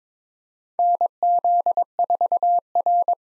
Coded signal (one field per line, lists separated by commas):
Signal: Morse code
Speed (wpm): 22 wpm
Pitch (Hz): 700 Hz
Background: none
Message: NZ4R